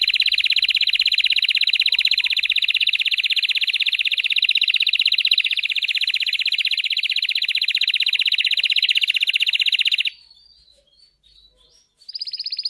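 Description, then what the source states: Canary (Belgian, red frosted): canary song: one sustained loud buzzy trill lasting about ten seconds, followed by soft twittering and a fresh harsh trill starting. Belgian canary, red frosted variety.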